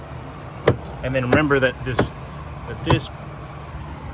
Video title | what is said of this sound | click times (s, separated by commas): Explorer ST Nostrum Fuel Kit Install | and as you're putting this back in place, remember, push down. You'll hear it physically clicking in right up here on the actual windshield to make sure that it's fully sealed the way it should be. | 0.7 s